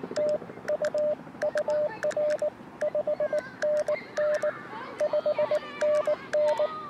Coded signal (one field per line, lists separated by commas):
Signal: Morse code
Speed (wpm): 19 wpm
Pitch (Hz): 590 Hz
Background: radio noise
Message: TU UR 5NN 5NN